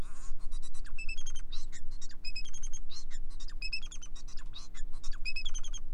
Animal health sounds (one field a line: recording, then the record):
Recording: song of a male Bengalese finch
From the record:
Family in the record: son of father 4